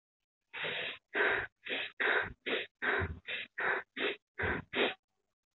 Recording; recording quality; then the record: shallow breathing; excellent, no background noise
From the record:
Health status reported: healthy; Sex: female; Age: 21 years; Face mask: not worn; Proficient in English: yes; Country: India